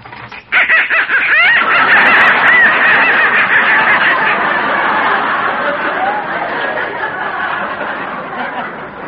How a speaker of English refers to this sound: Now, look, that noise came from some live ducks I got in the basement.